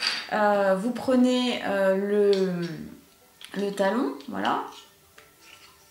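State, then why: Seated. Someone talks while a plastic heel piece is pressed onto the plastic sole of a Ravensburger I Love Shoes toy shoe-design kit. After a quiet pause, a short, faint click is heard at 5.2 s as the heel clips onto the sole by itself, with no effort.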